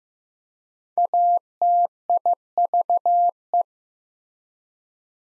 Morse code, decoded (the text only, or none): ATIVE